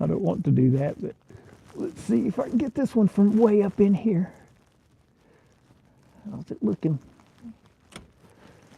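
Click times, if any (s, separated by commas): 8.0 s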